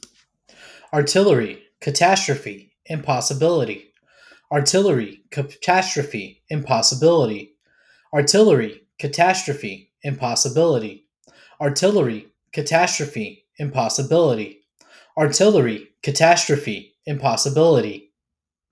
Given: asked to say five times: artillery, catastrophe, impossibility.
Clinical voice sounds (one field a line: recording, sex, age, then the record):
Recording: three words, each repeated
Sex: male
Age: 30 to 39 years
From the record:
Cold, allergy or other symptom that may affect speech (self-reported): no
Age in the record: 37 years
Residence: Tennessee, United States